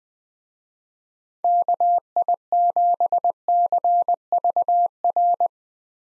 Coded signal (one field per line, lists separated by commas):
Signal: Morse code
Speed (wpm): 21 wpm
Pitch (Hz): 700 Hz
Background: none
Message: KI7CVR